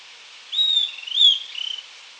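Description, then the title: Southern antpipit singing a brief phrase of two bright whistles followed by a quick dry rattling trill, over a faint steady hiss. "LuckyPassaro Completos2Sama. Southern Antpipit (Corythopis delalandi)"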